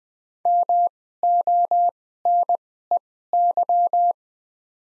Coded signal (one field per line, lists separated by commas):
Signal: Morse code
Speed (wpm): 21 wpm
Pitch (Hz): 700 Hz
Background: none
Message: MONEY